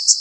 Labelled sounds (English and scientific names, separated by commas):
Common Yellowthroat (Geothlypis trichas) flight call